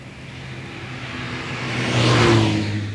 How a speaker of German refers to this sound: Im Nebel. Unterwegs im Wagen. Ich sehe ja gar nichts mehr.